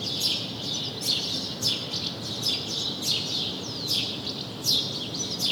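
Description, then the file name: House sparrow chirps, crisp, given in a loose sequence. "Passer domesticus"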